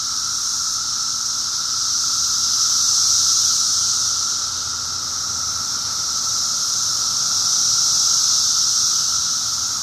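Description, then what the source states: Cicada chorus: a dense, continuous high-pitched hiss that swells and fades gently in loudness over about ten seconds, with a fainter mid-pitched whine. Recorded in 2004.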